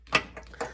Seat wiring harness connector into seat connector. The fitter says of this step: And when you push these in, you'll hear a loud snap.